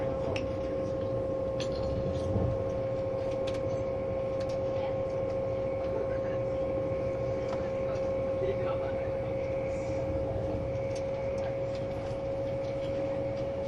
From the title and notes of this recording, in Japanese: SBB線 ICN10022レ01 Lugano～(Göschenen)。スイスでは主力の車体傾斜車両であるRABDe500形ICN、その本領を発揮するゴッタルド線の列車を収録したものです。収録年月:2013,05。